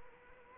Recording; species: mosquito wingbeat signal from an infrared sensor; Culex quinquefasciatus